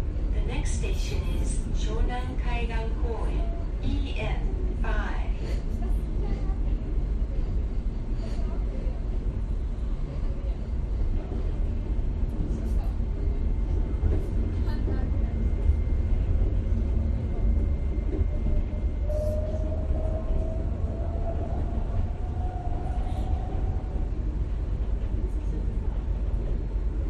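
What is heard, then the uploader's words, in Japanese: A ride aboard the Enoden train from Enoshima Station toward Gokurakuji Station: a steady low rumble of the car runs throughout at an even level. Voices talk over it early on, and a rising whine comes in around the twenty-second mark. 江ノ電：江ノ島駅→極楽寺駅。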